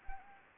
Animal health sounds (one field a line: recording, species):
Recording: mosquito wingbeat signal from an infrared sensor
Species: Anopheles arabiensis